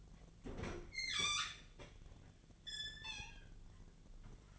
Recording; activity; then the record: daily activity, microphone in the room; open fridge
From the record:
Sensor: 4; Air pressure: 1010.5 hPa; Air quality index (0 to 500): 178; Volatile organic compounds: 5 ppm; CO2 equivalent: 1802 ppm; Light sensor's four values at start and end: 34/99/39/39 and 29/87/34/35